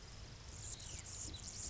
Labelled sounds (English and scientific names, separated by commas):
Anna's Hummingbird (Calypte anna)